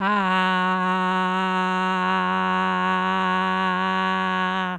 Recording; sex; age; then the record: sustained vowel /a/; female; 50 to 59 years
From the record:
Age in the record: 55 years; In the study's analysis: included